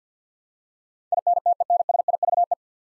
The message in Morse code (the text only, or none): INTENSIVE